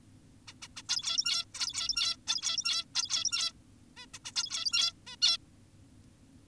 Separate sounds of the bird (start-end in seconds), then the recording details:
0.48-0.54, 0.62-0.68, 0.77-0.82, 0.89-1.45, 1.54-2.17, 2.28-2.85, 2.95-3.52, 3.97-4.06, 4.14-4.19, 4.25-4.32, 4.36-4.93, 5.07-5.16, 5.22-5.38. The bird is an adult. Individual g17y2U